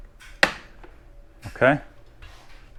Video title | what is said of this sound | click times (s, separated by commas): Troy-Bilt TB22 String Trimmer Carburetor Replacement | clip it into place. You'll hear it click. | 0.4 s